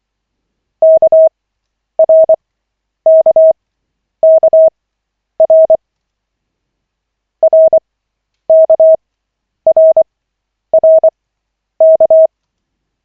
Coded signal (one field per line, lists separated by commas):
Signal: Morse code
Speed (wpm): 24 wpm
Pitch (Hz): 640 Hz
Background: none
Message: KRKKR RKRRK